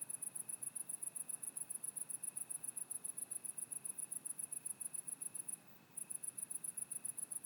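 Cicada song, a rapid train of very high buzzy pulses running almost throughout, interrupted by one short gap near the end.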